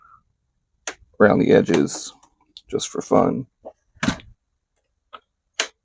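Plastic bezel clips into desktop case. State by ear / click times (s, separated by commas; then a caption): seated / 4.0 s, 5.6 s. Someone talks while pressing around the edges of a plastic bezel on a Gateway FX desktop case during reassembly after repairs. The plastic clips snap into place with sharp clicks at 4.0 s and 5.6 s, seating the case panel.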